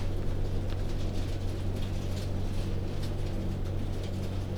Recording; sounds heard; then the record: poultry house recording; no chicken sound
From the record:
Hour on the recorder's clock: 19